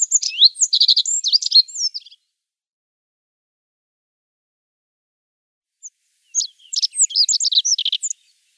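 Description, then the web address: Rock bunting delivering fast, high, thin twittering phrases, one lasting about two seconds and another after a pause, each a rapid string of chirps. "Schulze Peter Rock Bunting song"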